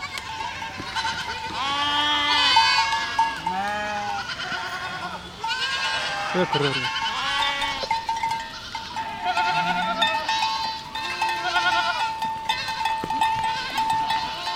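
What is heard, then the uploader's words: Cows moo and call over one another almost without pause, their voices bending up and down in pitch. A deeper, downward-sliding moo stands out around six to seven seconds, and a faint steady whine hums underneath the whole time. These cow mooing sounds. The uninterrupted stream of cow mooing.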